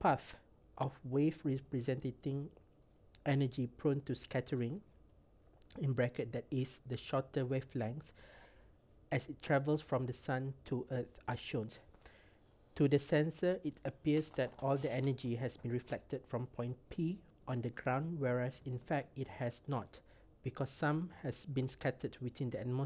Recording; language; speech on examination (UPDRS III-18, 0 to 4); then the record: text read into a phone; English; 0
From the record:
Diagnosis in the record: healthy control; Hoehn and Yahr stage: 0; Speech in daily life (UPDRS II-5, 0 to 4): 0